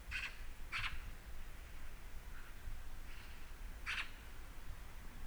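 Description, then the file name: Eurasian magpie calls: loud scratchy bursts early and again near the end, with softer harsh notes between, over low background hum. "Pica pica"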